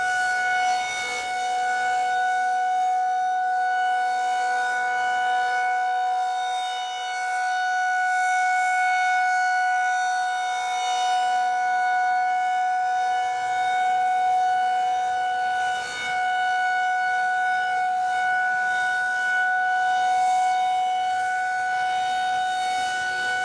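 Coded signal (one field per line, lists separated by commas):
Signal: siren signal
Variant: Federal Signal 2001-130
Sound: continuous steady wailing siren tone, rising and fading slightly as it rotates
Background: outdoor ambience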